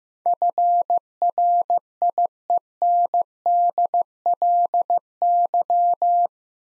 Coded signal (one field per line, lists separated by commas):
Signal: Morse code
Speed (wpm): 16 wpm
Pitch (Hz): 700 Hz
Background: none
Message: FRIENDLY